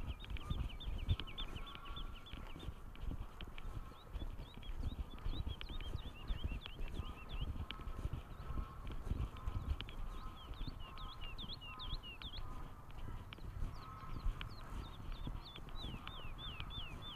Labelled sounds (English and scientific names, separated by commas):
Wood Lark (Lullula arborea) song